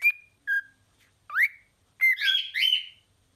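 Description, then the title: Cockatiel giving a few separate whistles, some level and some sweeping upward, ending in a longer, harsher wavering note. Several cockatiels singing and whistling. "Calopsitas Cantando Assobio"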